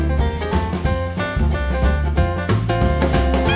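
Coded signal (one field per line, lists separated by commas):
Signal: none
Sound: music beats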